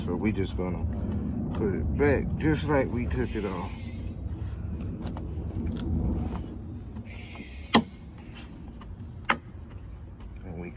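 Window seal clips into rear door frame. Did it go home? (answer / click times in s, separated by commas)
yes / 7.8 s, 9.3 s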